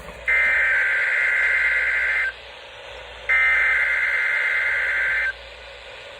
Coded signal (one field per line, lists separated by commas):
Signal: Emergency Alert System (SAME) tones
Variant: header bursts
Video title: EAS 67:: PBZ RWT for the week of July 4, 2021 + Thanks for 50 subs